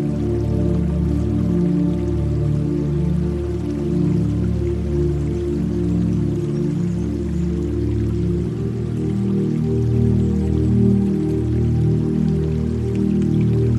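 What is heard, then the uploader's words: Soft, slow music of low sustained tones and warm chords holds steady throughout, shifting to a new chord around the middle. Behind it, a faint, even wash of trickling water runs at a constant level, quiet. Relaxing music with the sound of water.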